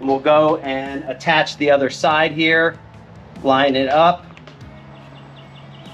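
Someone talks while the second detachable wing of an AgEagle eBee TAC fixed-wing drone is lined up with the holes and tabs on the drone body. Two faint sudden sounds are heard near 4.4 and 4.5 seconds. The wing has not been pushed in and has not seated or clicked yet.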